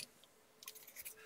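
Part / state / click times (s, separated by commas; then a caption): plastic bumper skirt clips onto robot motor housings / not seated / none. A plastic bumper skirt is handled on a 3pi+ 32U4 Robot Hyper Edition chassis, its clips being pushed over the motor housings on each side. A faint tick comes at 0.2 s, then a run of light, bright plastic ticks and rattles from about 0.6 s to the end. The clips have not snapped into place yet, and nothing has seated.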